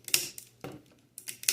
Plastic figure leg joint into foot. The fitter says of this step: just make sure both are aligned properly and that's just going to lock into place